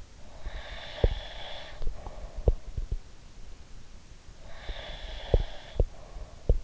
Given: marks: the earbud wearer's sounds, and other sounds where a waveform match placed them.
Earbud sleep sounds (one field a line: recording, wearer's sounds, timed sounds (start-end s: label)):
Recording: sounds in sleep by an in-ear microphone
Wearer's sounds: breath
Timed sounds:
0.16-2.70 s: breath
0.97-3.00 s: sound from someone else or the room
4.41-6.64 s: breath
4.65-6.64 s: sound from someone else or the room